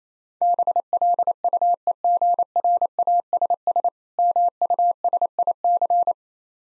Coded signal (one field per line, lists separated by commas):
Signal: Morse code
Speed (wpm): 28 wpm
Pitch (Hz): 700 Hz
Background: none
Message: BLUEGRASS MUSIC